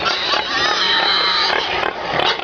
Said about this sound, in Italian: Vi ho fatto ascoltare il grugnito del maiale perché?